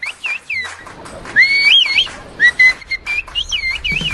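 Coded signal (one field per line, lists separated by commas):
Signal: whistled language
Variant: Turkish kuş dili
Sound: loud gliding whistles rising and falling in pitch, several short phrases with pauses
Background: outdoor ambience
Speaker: for example this is a conversation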